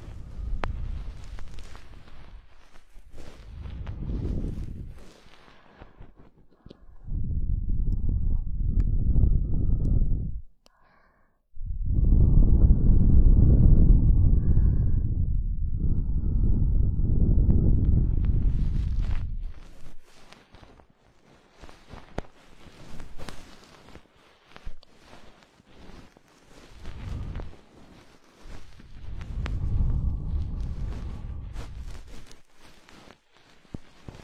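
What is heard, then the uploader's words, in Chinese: Ear cleaning with a goose-feather stick: soft, muffled rubbing and rustling arrives in low, swelling bursts, around 3 to 5 seconds, 7 to 10, a long stretch from 11 to 20, and again near 30. Between the strokes, light scratchy ticks and crackles scatter. 鹅毛棒掏耳朵。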